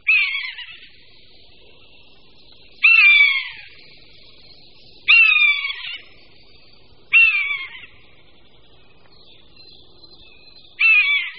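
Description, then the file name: Common buzzard giving descending, wailing mew calls, five in all at uneven intervals of two to four seconds. "Káně-lesní"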